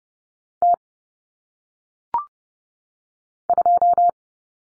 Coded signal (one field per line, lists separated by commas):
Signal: Morse code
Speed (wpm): 30 wpm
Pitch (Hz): 700 Hz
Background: none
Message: T 2